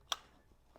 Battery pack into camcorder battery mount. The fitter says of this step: over to the left and you heard it lock into place